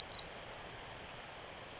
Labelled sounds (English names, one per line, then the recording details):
Pacific Wren
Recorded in Sonoma County, California